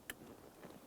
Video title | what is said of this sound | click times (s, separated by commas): How to Replace Transmission Shift Cable 2002-2009 Chevrolet Trailblazer | listen for a click from the lock on the passenger side there | 0.1 s